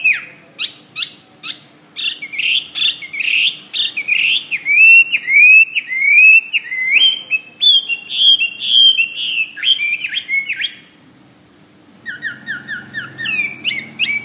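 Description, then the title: Bird song beginning with spaced sharp chips that speed into a run of looping whistled notes, then a pause and a few repeated lower whistles. "SuaraBurung Kicau"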